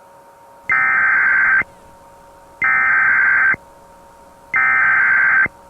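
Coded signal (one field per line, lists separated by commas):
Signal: Emergency Alert System (SAME) tones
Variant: header bursts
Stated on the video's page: Fictional EAS scenario made with generative AI voices.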